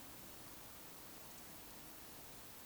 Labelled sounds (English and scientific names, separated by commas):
Eurasian Woodcock (Scolopax rusticola) whistle